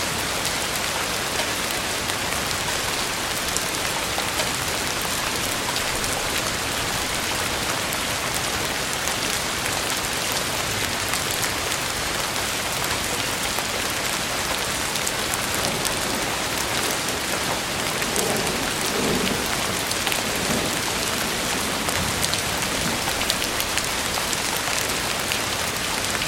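Steady, heavy rain pours down with a dense, unbroken hiss that stays at the same level throughout. Countless drops patter on a surface, bright and full, with a faint lower murmur underneath that swells slightly past the midpoint.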